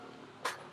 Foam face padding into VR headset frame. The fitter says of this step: yeah and nice clicking sound